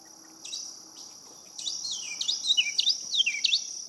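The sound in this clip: Carolina wren song: a few faint notes, then a loud series of repeated swooping phrases, with a constant insect buzz behind.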